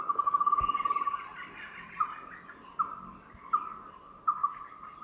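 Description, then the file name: Common hill myna calls: a quick rattling trill opens, followed by single sharp notes repeated about every three-quarters of a second. Subspecies intermedia, recorded in Thailand. "Graculareligiosaintermedia TH"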